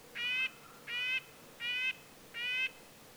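Red-breasted nuthatch repeating a nasal, toy-trumpet yank note four times, evenly spaced about every three quarters of a second.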